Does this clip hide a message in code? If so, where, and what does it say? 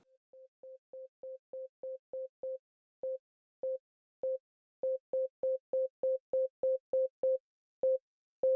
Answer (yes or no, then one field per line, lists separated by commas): no